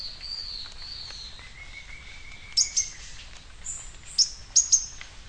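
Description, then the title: Bird song: a long thin whistle stepping down in pitch, then clusters of piercing high chirps near the end, over faint hiss. "LuckyPassaro Completos2Sama"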